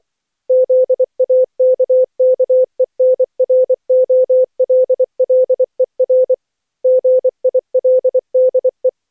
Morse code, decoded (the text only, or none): ZAKKENROLLER GILDE